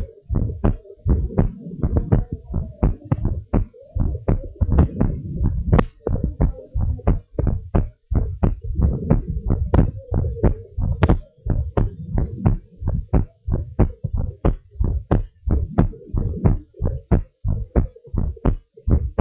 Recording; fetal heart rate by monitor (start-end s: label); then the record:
heart sounds of a pregnant woman by stethoscope
no fetal heartbeat
From the record:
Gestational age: 40 weeks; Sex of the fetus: girl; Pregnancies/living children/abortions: 2/1/0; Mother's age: 30 years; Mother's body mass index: 27.2